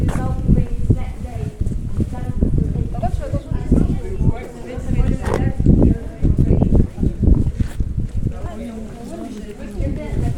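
A sound walk in Cadaquès: continuous overlapping voices talking, with an irregular clip-clop of hooves and scattered clatter throughout the ten seconds.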